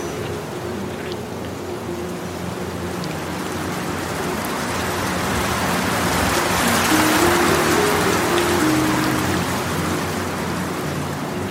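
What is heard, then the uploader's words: Dense, steady hiss like rain on dirt or waves, swelling louder around six to ten seconds, with faint low tonal hum underneath. Rain on dirt, ocean waves, and ASMR pebbles.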